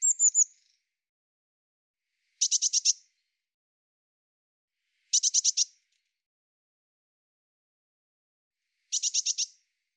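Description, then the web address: Eurasian blue tit calls: a brief high thin descending series of notes, then three short buzzy, crackling churr bursts a few seconds apart, with silence between them. "cianscape birddata Deverinetal 2025 File cleaned normalized Bird Cy Ca"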